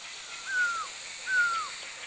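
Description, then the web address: Chestnut-backed laughingthrush giving two clear, slightly falling whistles over a steady background hiss. Recorded in India. "India other Chestnut-backed LT"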